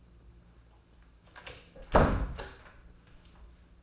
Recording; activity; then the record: daily activity, microphone in the room; close door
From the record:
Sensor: 2